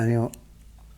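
During a cam install on a Harley Sportster motorcycle engine, a small yellow metal timing drive disc is being lifted gently onto the crankshaft end so the notch on its back engages the notch in the crank end. Someone talks for the first 0.3 seconds, followed by quiet, faint handling noise. Nothing has seated or clicked yet.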